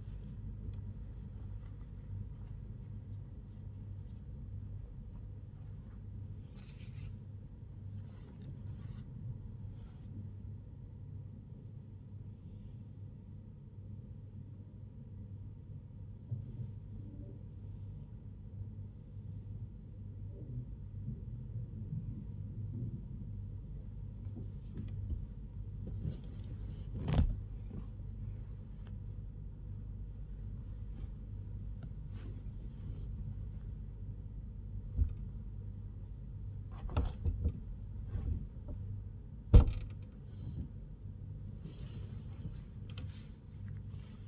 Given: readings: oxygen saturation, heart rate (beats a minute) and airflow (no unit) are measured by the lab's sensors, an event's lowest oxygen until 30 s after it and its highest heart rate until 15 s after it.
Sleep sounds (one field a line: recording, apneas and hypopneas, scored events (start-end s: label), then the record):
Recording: a person awake in a sleep study, by a smartphone at the bedside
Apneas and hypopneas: none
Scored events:
none scored
From the record:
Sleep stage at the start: awake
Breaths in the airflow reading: 15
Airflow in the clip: -0.6 to 0.7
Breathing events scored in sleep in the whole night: 158 in 7.3 hours asleep